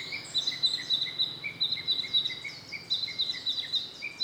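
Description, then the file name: Narcissus flycatcher song: busy alternating high and lower whistled notes, some slurred downward, delivered in quick succession over faint high twittering. "rodolphe alexis - narcissus flycatcher"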